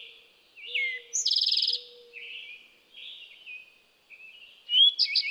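Eastern towhee singing a sharp slurred note and then a fast ringing trill, with a second trill beginning at the end over quiet bird chatter.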